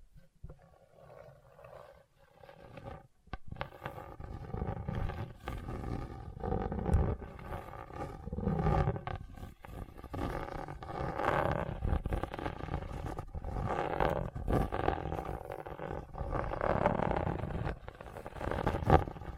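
Scratching across a hard, bumpy surface: after a quiet start with a few sharp clicks, a rough, growling grind sets in around three seconds and continues unevenly. It swells and dips in irregular surges, mostly low and gritty, loudest near the end.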